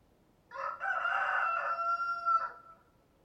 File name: Rooster Crowing Sound